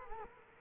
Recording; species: mosquito wingbeat signal from an infrared sensor; Culex quinquefasciatus